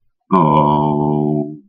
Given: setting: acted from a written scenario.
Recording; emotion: vocal sound without words; sadness